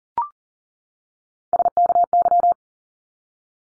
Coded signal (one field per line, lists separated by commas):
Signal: Morse code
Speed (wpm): 40 wpm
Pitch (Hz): 700 Hz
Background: none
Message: SKY